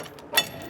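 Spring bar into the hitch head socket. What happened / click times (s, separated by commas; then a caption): A spring-loaded metal pin snapped into place / 0.4 s. A spring bar is pushed into the hitch head socket with the wedge on top until its detent pin pops up. A faint tick is heard at 0.2 seconds, then a sharp, bright metallic click at 0.4 seconds as the pin seats. The spring bar is confirmed seated.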